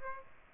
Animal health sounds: mosquito wingbeat signal from an infrared sensor; Aedes aegypti

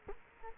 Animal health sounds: mosquito wingbeat signal from an infrared sensor; Culex quinquefasciatus

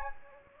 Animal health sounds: mosquito wingbeat signal from an infrared sensor; Anopheles gambiae

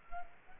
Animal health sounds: mosquito wingbeat signal from an infrared sensor; Culex quinquefasciatus

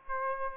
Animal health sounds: mosquito wingbeat signal from an infrared sensor; Aedes aegypti

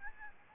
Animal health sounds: mosquito wingbeat signal from an infrared sensor; Aedes albopictus

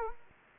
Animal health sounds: mosquito wingbeat signal from an infrared sensor; Anopheles gambiae

